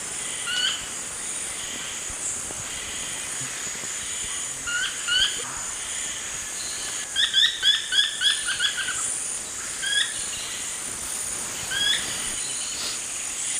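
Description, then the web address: Brownish twistwing calls: scattered short sharp notes, then a quick run of about eight clipped notes near the middle, over a steady high insect hiss. Calls recorded in the eastern lowlands of South America. "Natures Songs S America Eastern Lowlands. Cnipodectes subbrunneus, calls"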